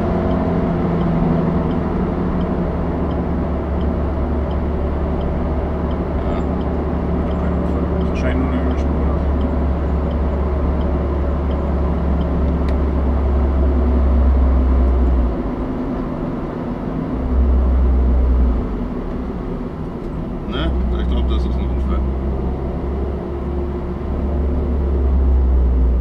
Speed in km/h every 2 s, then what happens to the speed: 85, 77, 74, 74, 71, 71, 69, 63, 57, 48, 39, 39, 38.
0-20 slows to 39. 20-26 steady at about 39.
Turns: 20-26.